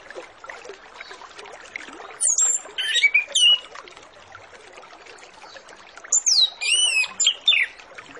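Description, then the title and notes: Orange-headed Thrush song: two separated bursts of high, twisting whistles and sharp notes, with continuous hissing noise between them. Lure recording used to make Orange-headed Thrushes sing quickly and openly; full 'isian' song with fill-in phrases. "Masteran Anis Kembang Full Isian Untuk Suara Pancingan Anis Kembang Agar Cepat Ngeplong. Suara Burung Anis Kembang"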